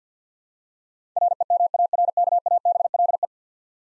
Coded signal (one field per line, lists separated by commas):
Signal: Morse code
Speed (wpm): 50 wpm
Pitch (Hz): 700 Hz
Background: none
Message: REMARKABLE